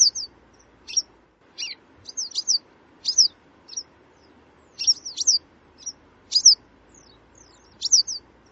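Bird calls: short high chirps and twittering notes in scattered bursts, some clustered in quick runs.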